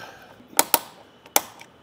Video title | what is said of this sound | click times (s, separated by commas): etrailer - Mount: Yakima RidgeLine Roof Rack for Flush Rails on a 2022 Chevrolet Colorado | and you'll know that you gotten to the required torque requirement once your wrench clicks | 0.6 s, 0.7 s, 1.4 s